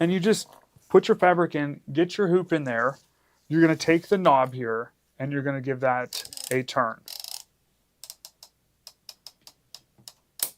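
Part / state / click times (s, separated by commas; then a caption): ratchet tightening knob on an embroidery hoop / seated / 10.4 s. Someone talks while placing fabric into an embroidery hoop, then turns the ratchet tightening knob to clamp the fabric between the inner and outer hoop. A series of small ratcheting clicks follows, then one louder click at 10.4 s as the knob latches and the hoop is seated tight.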